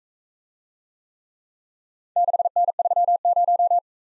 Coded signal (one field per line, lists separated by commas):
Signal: Morse code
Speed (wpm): 39 wpm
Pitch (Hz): 700 Hz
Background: none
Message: 6N30